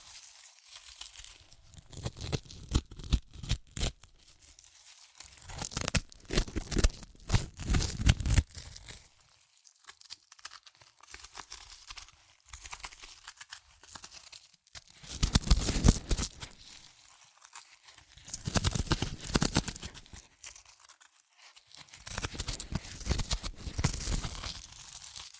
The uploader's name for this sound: Satisfying Chips Crunchy Crushing & Eating Sounds